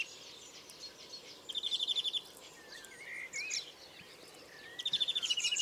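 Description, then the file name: European greenfinch calls as two brief rapid trills of even, ringing notes, separated by softer twittering and a faint background hiss. "Chloris chloris"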